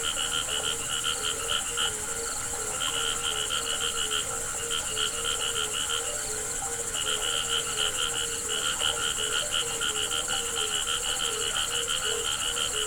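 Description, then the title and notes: Frogs giving repeated rattling, pulsed croak trains in bouts, with a constant high-pitched cricket drone behind them. Frogs calling together with crickets at a pond on the Hajnice stream near Ústí, Czechia. "Ústí, Czechia - žáby a cvrčci Hajnice. žáby a cvrčci u hodní tůně na potoce Hajnice"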